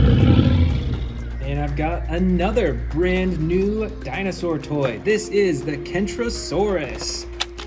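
Someone talks while handling plastic spike pieces that are about to be pushed onto the body of a plastic Kentrosaurus toy dinosaur during assembly, with a steady low hum underneath. A brief sharp sound occurs near 7.4 s, but nothing has seated or clicked into place yet.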